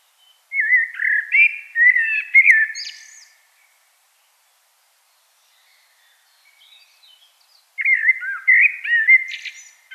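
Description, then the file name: Common blackbird delivering a fluty warbled phrase, then a long silent pause, then another similar mellow phrase with high scratchy notes. "Turdus merula"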